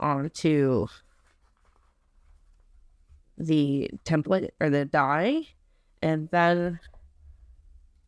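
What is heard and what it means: A snap post and cap on a fabric bag panel are lined up, post side down, on the die of a snap press before pressing, while someone talks. Between the speech, faint small handling taps come at about 1.6 and 1.8 seconds. Nothing has seated or clicked yet.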